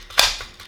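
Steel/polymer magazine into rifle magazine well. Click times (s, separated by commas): 0.2 s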